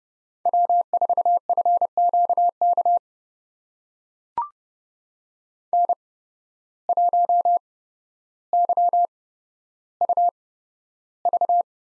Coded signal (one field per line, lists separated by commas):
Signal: Morse code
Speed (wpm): 30 wpm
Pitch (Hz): 700 Hz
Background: none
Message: W4FQK N1YUV